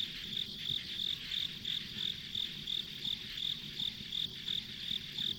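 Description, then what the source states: Insects chirp in short high pulses, around three per second, against a steady shrill background drone and faint low-frequency noise. Ambient insect sounds on a rural country road.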